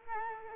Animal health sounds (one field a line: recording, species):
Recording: mosquito wingbeat signal from an infrared sensor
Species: Culex quinquefasciatus